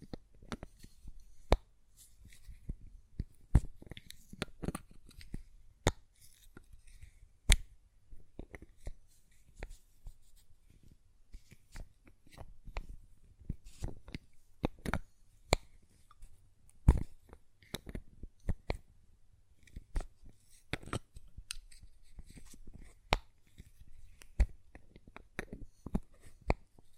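Glass perfume bottle tapping and lid handling: sharp, bright clicks and taps land irregularly throughout, sometimes singly, sometimes in quick clusters, with the busiest stretch after fifteen seconds. Softer fumbling sounds and a faint low hum sit between the taps.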